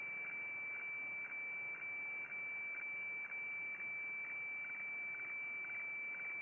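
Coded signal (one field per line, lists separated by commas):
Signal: weather fax (radiofax)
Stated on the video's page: HF weather fax received on 7880 kHz with an MLA30 antenna.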